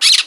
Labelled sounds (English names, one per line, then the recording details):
Brown-throated Parakeet contact call
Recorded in Margarita
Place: San Francisco, near stadium
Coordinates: 11.018, -64.294